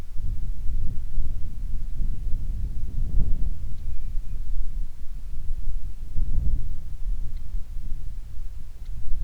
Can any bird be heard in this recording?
yes